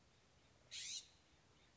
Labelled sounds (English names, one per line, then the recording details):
California Scrub-Jay
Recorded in Sonoma County, California